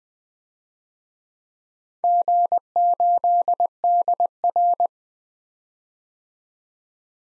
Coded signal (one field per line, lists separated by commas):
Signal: Morse code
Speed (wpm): 20 wpm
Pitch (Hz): 700 Hz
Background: none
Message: G8DR